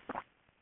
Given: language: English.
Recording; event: throat vibration sensor signal played as sound; swallow